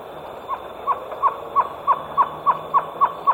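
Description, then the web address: Great antshrike song: a series of hollow, hooting notes that gradually quicken, over faint background hiss. Recorded in the eastern lowlands of South America. "Natures Songs S America Eastern Lowlands Great Antshrike"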